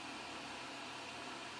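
A metal crimp cover is placed over a crimp bead on beading wire before it is pressed on. Only a steady, even broadband hiss is heard, with no distinct taps or transients. The cover has not snapped in or clicked yet.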